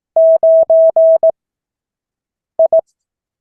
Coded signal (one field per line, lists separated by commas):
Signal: Morse code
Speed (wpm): 18 wpm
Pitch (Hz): 650 Hz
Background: none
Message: 9 I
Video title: Morse code class 2024-07-28 (4 of 12)